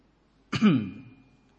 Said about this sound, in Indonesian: Batuk, minum obat.